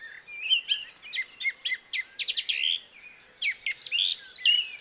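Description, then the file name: Eurasian blackcap song, a lively, chattering warble of quick, varied high notes in two bursts separated by a short pause. "Sylvia atricapilla"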